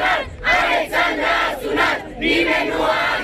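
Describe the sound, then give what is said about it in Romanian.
A large crowd of young protesters chants a slogan in unison in front of the police headquarters in Caracal, Romania, many voices rising and falling together in loud, rhythmic bursts of syllables that repeat steadily without pause. “În fața sediului poliției din Caracal, copiii au cântat imnul României și au scandat Alexandra a sunat, nimeni nu a acționat.”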